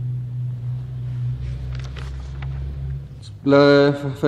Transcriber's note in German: Papierrascheln